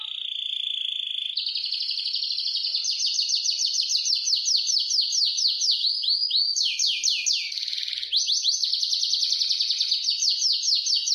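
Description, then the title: Atlantic canary song opening on a steady high note, then long runs of rapid repeated chirps and swooping trills changing pace throughout. "Kenari"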